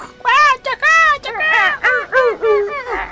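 A crow caws loudly in a quick, uneven series of about eight harsh, nasal calls, each rising and falling in pitch, with only brief gaps between them.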